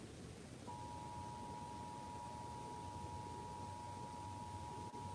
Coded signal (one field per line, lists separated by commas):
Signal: Emergency Alert System (SAME) tones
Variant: 853 and 960 Hz attention tone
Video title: EAS SVR (From ICT) 3/6/26 5:55 PM CST (Credit Goes To @SouthernPennsylvaniaWX/@KanawhaCountyWX)